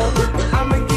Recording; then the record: coughing mixed with background sound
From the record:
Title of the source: female coughing - coughing sound effects girl